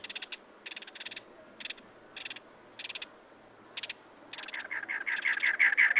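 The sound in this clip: Cactus wren giving short clusters of dry raspy notes, then an increasingly loud run of fast harsh chugs at the end.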